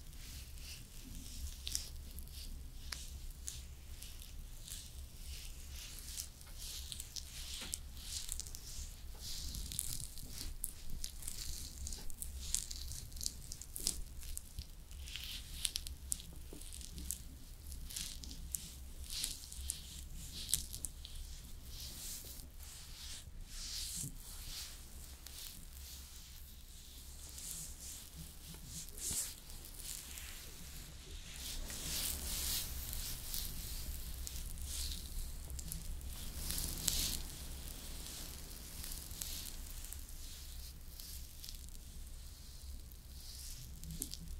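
Makeup being slowly applied, heard as a steady run of soft crackling, tapping and squishy brushing sounds packed closely throughout. A low, constant hum sits underneath. The handling gets briefly louder and brighter around the 31 and 37 second marks.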